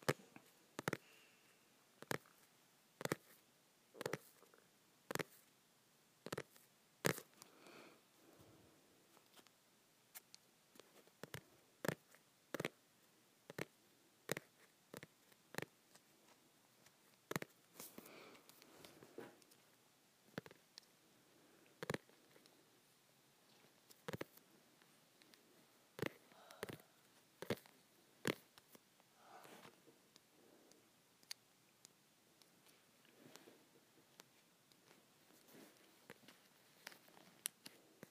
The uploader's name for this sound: Tapping my Softcover Books